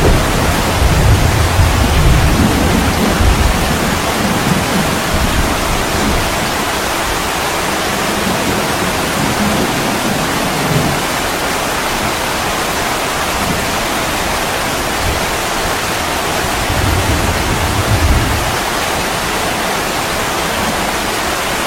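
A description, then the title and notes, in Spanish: Heavy rain pours down on a roof in a dense, unbroken hiss that stays level for the whole stretch. Soft low rumbles of thunder swell underneath now and then, strongest in the first few seconds and again around ten and eighteen seconds. Lluvia en el tejado. Sonido natural de la fuerte lluvia y los truenos suaves en el tejado a medianoche.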